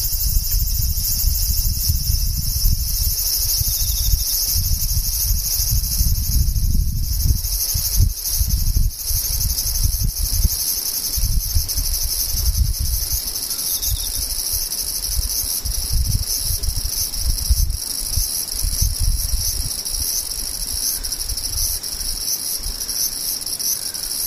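Insects trill without a break for the whole clip, a dense, even, high-pitched chorus in several shrill layers that never changes. Underneath, a low rumbling wind-like noise surges and fades unevenly, strongest in the first ten seconds and easing briefly in the middle.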